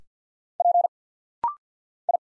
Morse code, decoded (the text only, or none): P I